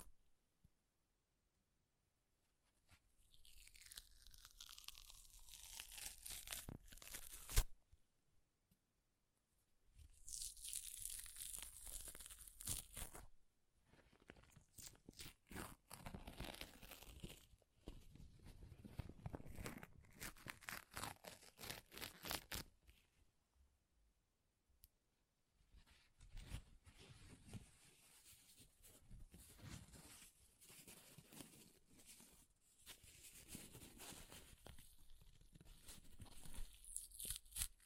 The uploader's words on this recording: ASMR Paper Ripping Tearing Sounds (No Talking).